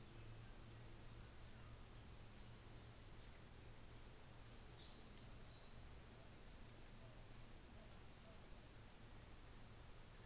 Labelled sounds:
New Zealand Fantail (Rhipidura fuliginosa)
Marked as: faintness 5/5
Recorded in New Zealand on 24 December 2018
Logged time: 13:40

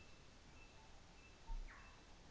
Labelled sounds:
North Island Saddleback (Philesturnus rufusater)
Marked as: faintness 4/5
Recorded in New Zealand on 24 December 2018
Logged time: 17:00

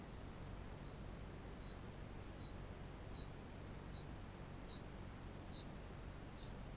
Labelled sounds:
Kākāpō (Strigops habroptilus) ching call
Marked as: faintness 5/5, faintness 4/5
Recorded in New Zealand
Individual Barnard

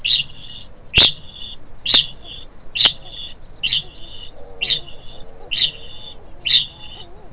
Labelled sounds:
Kākāpō (Strigops habroptilus) ching call
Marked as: faintness 2/5
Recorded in New Zealand
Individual Stumpy

